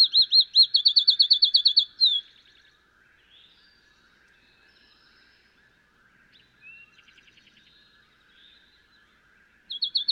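Field sparrow singing a fast run of clear slurred whistles ending in an upslur, then a quieter spell of other birds before the song starts again.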